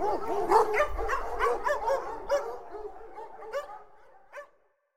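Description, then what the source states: Several dogs barking and yipping in overlapping bursts that gradually thin out and fade, ending with a few scattered barks before silence. A pack of dogs.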